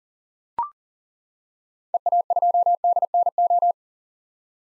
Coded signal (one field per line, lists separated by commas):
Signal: Morse code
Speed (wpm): 40 wpm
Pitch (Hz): 700 Hz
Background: none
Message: EA2DNO